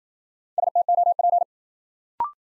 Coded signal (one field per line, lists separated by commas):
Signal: Morse code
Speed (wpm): 54 wpm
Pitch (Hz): 700 Hz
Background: none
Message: STOP